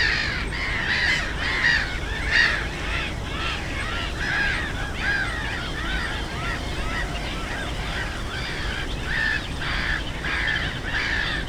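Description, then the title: Black-headed gulls uttering rasping, screeching calls in quick overlapping series, over a steady low rumble of traffic. Many black-headed gulls, loudest of plentiful birds on ponds of a former coal-mining area, Frog Ponds nature complex, Bytom, Poland; road DK79 and railway noise; recorded with Zoom F4 and AT BP4025. "Żabie Doły, Bytom, Polska - Black-headed gulls at Frog Ponds complex"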